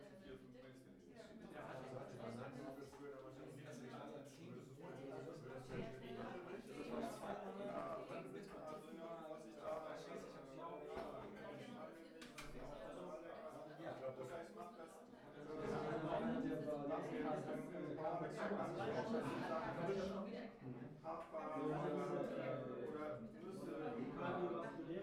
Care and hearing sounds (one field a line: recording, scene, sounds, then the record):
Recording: everyday scene through a hearing-aid microphone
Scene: many people talking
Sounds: many voices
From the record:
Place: bistro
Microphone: behind the ear, right, front